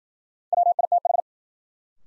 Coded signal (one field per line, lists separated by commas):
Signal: Morse code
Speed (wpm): 56 wpm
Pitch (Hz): 700 Hz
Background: none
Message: WITH